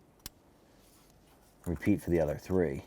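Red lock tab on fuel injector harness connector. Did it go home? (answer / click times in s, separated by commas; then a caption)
yes / 0.3 s. A red plastic lock tab on a fuel injector harness connector of a 2011–2018 Ram, worked on during an intake gasket kit replacement, is pressed in to lock the connector. It gives a single sharp click at 0.3 s, and the connector is locked and seated. Someone then talks.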